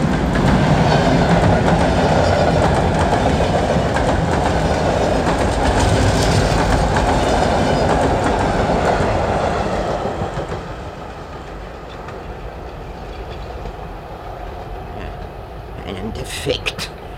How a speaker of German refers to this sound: Der D-Zug! Der D-Zug!